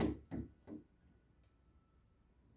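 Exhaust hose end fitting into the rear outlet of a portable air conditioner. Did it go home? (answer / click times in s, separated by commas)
no / none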